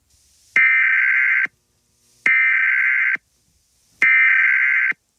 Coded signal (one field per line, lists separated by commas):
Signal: Emergency Alert System (SAME) tones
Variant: header bursts